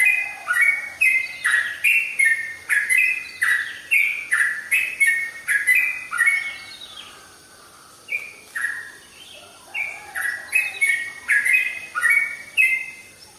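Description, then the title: Oriental magpie-robin song, strong varied whistles in fast repeated phrases, a brief softer pause midway, then the whistled phrases resume. "Kicau Kacer"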